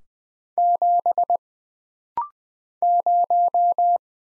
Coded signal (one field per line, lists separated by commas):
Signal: Morse code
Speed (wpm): 20 wpm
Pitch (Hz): 700 Hz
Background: none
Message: 7 0